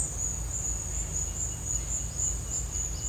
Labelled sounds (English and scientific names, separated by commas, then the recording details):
none
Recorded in dense forest near Puerto Asís, Putumayo, Colombia, on 22 December 2024 at 10:00
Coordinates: 0.481, -76.323
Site G100